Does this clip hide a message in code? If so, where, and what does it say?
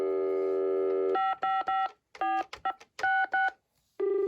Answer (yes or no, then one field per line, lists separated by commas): yes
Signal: DTMF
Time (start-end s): 1.1-3.5 s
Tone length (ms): 210 ms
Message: 554566